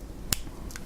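The cap of a Waterman Carené fountain pen in amber lacquer with a medium nib is snapped back onto the pen body, giving one loud, crisp click at 0.3 s, followed by fainter ticks around 0.7–0.8 s. The cap clicks into place and is seated, showing it is secure.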